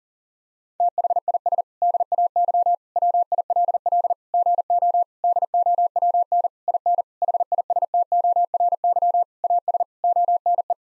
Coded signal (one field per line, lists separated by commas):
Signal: Morse code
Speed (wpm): 40 wpm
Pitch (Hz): 700 Hz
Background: none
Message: THIS DAY WILL GO DOWN IN HISTORY AS ONE